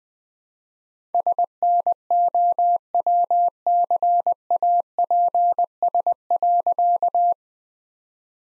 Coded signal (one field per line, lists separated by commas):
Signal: Morse code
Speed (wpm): 21 wpm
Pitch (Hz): 700 Hz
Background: none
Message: SNOWCAPS.